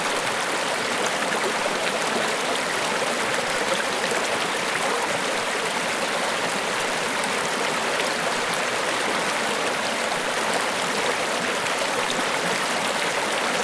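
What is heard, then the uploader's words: A river rushes steadily past, its water a dense, unbroken hiss that stays level from start to finish. The sound is bright, full of fine splashing detail, with little low rumble beneath and no separate events standing out. River Ambiance.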